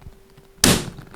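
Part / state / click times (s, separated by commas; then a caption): plastic cover panel clipping onto tumble dryer body / partly seated / 0.6 s. A hand slaps the front of a plastic cover panel on an Indesit heat pump tumble dryer to make its clips grab the dryer body, giving one loud, sharp slap at 0.6 s that fades over the next few tenths of a second. The panel only partly seats, with its clips not fully snapped in at the front.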